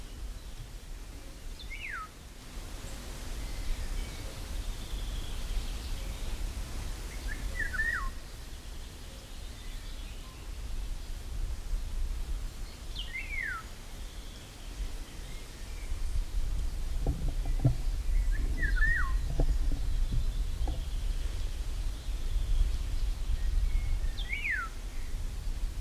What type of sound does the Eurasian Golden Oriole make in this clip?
song